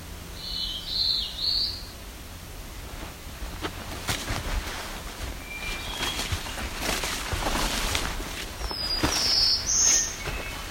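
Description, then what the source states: Black-throated Blue Warbler song: short buzzy, rising high phrases near the start and again near the end, with scattered clicks and rustling between. Two singing on the Niagara Escarpment overlooking Barrow Bay.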